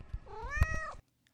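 Cat meowing: one drawn-out meow that rises and then holds its pitch, with a few soft thumps and clicks beneath.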